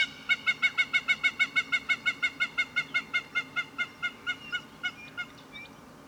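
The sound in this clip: Hamerkop giving a long fast run of yelping notes, gradually weakening and slowing toward the end.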